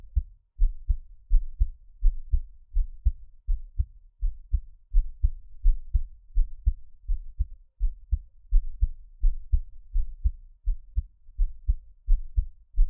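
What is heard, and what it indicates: Steady, deep lub-dub thumps repeat at roughly 80 beats a minute with a regular rhythm and no talking. The sound is a close-up heartbeat of an adult, offered as an ASMR heartbeat with no talking, with only a faint low hum behind it.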